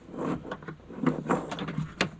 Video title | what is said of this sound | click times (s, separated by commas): Fixing Drum and Cable Steering - Boat Restoration | there we go heard it pop | 2.0 s